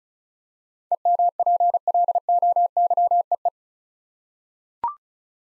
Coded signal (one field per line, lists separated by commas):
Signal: Morse code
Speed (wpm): 34 wpm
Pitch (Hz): 700 Hz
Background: none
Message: EMPLOYEE